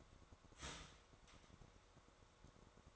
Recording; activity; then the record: daily activity, microphone in the room; start toaster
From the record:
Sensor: 3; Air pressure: 1004.1 hPa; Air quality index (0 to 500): 201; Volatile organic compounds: 15 ppm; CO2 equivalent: 2519 ppm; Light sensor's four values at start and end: 4/11/4/4 and 4/11/4/4